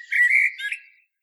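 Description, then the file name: Common blackbird giving a short, rich whistled phrase that wavers slightly and trails off quickly into silence. "Turdus merula"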